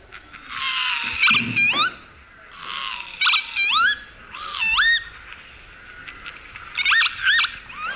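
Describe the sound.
Northern Lapwing giving wheezy, upslurred 'pee-wit' calls, several in quick succession, alternating with rougher buzzy notes over about eight seconds.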